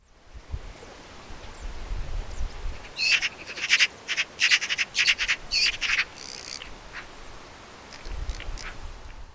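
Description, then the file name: Eurasian magpie giving a rapid, harsh rattling chatter of many grating notes over about three seconds, against low rumbling background noise. "Pica pica"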